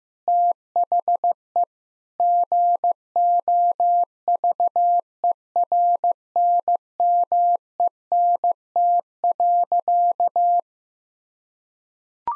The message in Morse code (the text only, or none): THE GOVERNMENT.